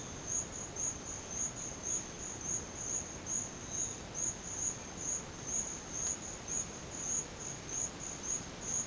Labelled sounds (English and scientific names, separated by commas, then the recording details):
none
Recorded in secondary vegetation near Puerto Asís, Putumayo, Colombia, on 30 June 2025 at 12:00
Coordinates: 0.500, -76.326
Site GP08